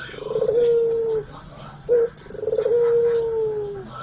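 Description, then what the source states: Barbary dove cooing: two long, low coos. Each opens with a rolling, throaty burr and settles into a steady drawn-out tone. A short, clipped note comes between them. White Barbary dove; training recording (masteran) made for teaching songbirds.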